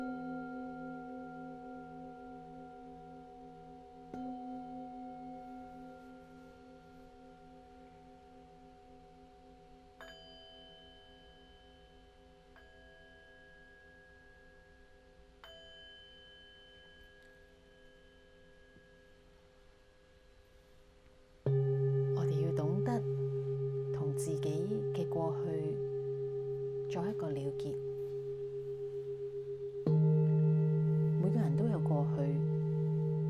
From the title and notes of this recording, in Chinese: 頂輪頌缽冥想療癒。頌缽的聲音。